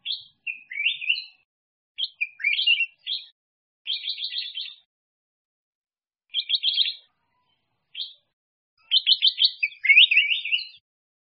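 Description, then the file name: Bulbul singing bright, quick warbled phrases with rapid stuttered note clusters, separated by short pauses; otherwise quiet. "Tieng chao mao vang"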